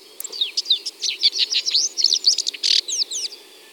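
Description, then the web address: Red-backed shrike song, a rapid jumble of high chattering notes, short slurred whistles and a harsh buzzy burst near the end. "Lanius collurio. ns svatomartinska alej"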